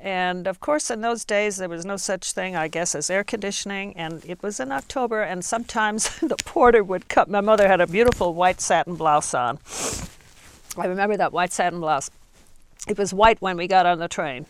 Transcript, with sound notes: But, of course, in those days there was no such thing as air conditioning and, it was in October, and sometimes a porter would come. (she laughs) My mother had a beautiful white satin blouse on. (she sniffs) I remember that white satin blouse. It was white when we got on the train.